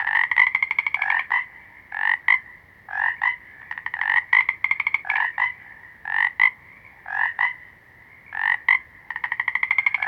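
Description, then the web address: Frog calls: paired nasal croaks repeated throughout, alongside bursts of fast pulsed trilling. Several small green frogs. "Natures Songs Nature Sounds Sounds of Nature Collection Small Green Froggies"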